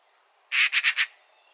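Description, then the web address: Eurasian magpie chattering: four coarse, rasping notes in fast, even succession, then silence. "Deverinetal 2025 File origin Bird Only"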